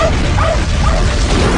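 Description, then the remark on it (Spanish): The dog Bolt, from the film Bolt, lets out a couple of sharp, mid-pitched barks over a loud, steady wash of background noise. “¡Corred al perro!”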